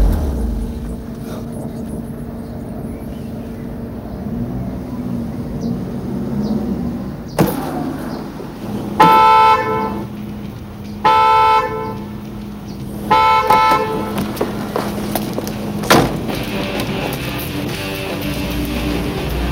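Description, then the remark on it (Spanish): A car horn honks three times in short, insistent blasts at a car parked in the driver's spot, each a bright, buzzing tone over a steady low rumble of an idling engine, with a sharp thump partway through. “Mueve el coche. Has aparcado en mi sitio.”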